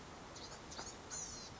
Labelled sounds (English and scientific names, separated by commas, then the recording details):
Blue-gray Gnatcatcher (Polioptila caerulea)
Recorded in Sonoma County, California